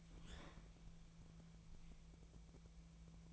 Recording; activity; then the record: daily activity, microphone in the room; open fridge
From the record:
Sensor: 1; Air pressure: 1000.0 hPa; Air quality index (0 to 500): 137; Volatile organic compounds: 2 ppm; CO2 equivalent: 1297 ppm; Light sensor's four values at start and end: 29/74/31/37 and 29/74/31/37